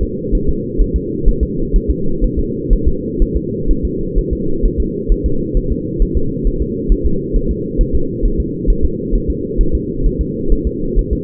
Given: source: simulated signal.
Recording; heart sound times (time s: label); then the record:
fetal heart sounds
0.03 s: S2
0.35 s: S1
0.49 s: S2
0.81 s: S1
0.96 s: S2
1.29 s: S1
1.43 s: S2
1.76 s: S1
1.91 s: S2
2.24 s: S1
2.39 s: S2
2.73 s: S1
2.88 s: S2
3.22 s: S1
3.37 s: S2
3.71 s: S1
3.85 s: S2
4.19 s: S1
4.33 s: S2
4.65 s: S1
4.80 s: S2
5.12 s: S1
5.26 s: S2
5.57 s: S1
5.72 s: S2
6.02 s: S1
6.17 s: S2
6.47 s: S1
6.62 s: S2
6.92 s: S1
7.06 s: S2
7.36 s: S1
7.51 s: S2
7.81 s: S1
7.95 s: S2
8.25 s: S1
8.40 s: S2
8.70 s: S1
8.85 s: S2
9.15 s: S1
9.30 s: S2
9.61 s: S1
9.75 s: S2
10.06 s: S1
10.21 s: S2
10.52 s: S1
10.67 s: S2
10.99 s: S1
11.13 s: S2
From the record:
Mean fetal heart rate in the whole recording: 130 bpm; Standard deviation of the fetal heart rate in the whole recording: 4 bpm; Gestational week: 38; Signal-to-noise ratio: -8.1 dB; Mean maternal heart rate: 72 bpm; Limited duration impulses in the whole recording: present